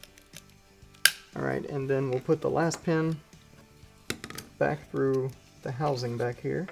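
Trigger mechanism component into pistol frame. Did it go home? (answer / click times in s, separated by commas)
yes / 1.1 s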